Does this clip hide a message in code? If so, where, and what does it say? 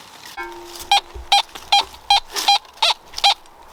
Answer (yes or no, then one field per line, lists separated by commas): no